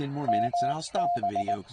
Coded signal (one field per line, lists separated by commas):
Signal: Morse code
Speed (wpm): 19 wpm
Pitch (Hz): 700 Hz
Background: speech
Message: MB